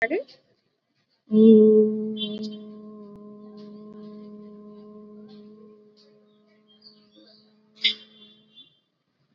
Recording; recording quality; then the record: sustained vowel as in boot; excellent, no background noise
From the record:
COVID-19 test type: RT-PCR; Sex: female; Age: 27 years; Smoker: no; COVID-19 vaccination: both doses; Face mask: worn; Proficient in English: yes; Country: India